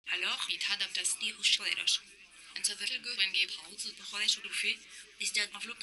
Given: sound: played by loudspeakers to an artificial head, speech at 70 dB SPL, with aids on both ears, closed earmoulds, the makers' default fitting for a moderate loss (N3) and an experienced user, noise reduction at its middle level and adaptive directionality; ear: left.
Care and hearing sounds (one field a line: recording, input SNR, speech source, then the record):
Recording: speech test signal (ISTS) in cocktail-party noise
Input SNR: +9 dB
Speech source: in front (0 degrees)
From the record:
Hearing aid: class 2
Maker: J